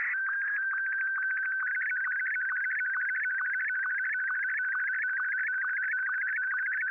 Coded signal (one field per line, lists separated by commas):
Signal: SSTV (slow-scan television)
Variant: Martin 1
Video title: SSTV with Standard Multimod VHF Base Station C5400